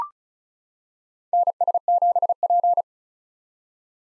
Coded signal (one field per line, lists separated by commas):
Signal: Morse code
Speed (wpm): 34 wpm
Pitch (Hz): 700 Hz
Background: none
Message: NS7P